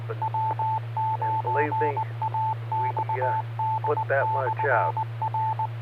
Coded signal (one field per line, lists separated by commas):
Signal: Morse code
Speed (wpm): 19 wpm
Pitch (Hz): 880 Hz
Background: speech, radio noise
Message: W9AXD/R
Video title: Friday Night Fun Net | Amateur Radio Worldwide Live Stream Radio | KD9MED